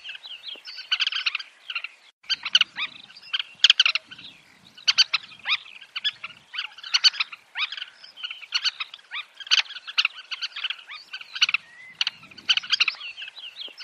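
Bird giving a dense, continuous chatter of short, harsh chirping notes.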